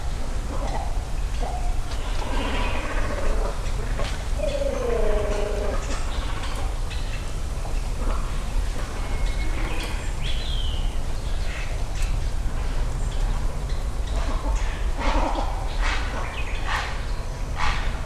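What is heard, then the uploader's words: Great cormorants at a treetop colony give scattered harsh croaks and guttural calls over a steady low outdoor rumble, with occasional clicks throughout. Great Cormorants (カワウ) nesting high in trees along Yasugawa (river) in Ritto City, Shiga Prefecture, Japan. This recording was made with a Sony PCM-M10 recorder and a pair of small omnidirectional mics tied to a tree.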